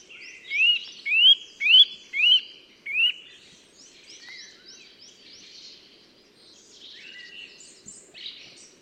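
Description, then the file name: Eurasian nuthatch giving loud, sharply rising whistled calls, five in quick succession, then fainter chirps in the background. "Sitta europaea"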